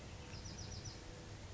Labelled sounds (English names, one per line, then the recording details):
Bewick's Wren
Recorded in Sonoma County, California